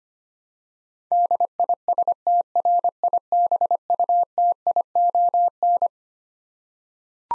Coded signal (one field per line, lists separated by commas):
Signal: Morse code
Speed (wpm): 25 wpm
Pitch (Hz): 700 Hz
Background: none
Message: DISTRIBUTION